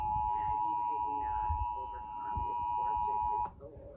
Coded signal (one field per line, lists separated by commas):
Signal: Emergency Alert System (SAME) tones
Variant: 853 and 960 Hz attention tone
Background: speech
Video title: EAS #285 Severe Thunderstorm Warning for my county on TV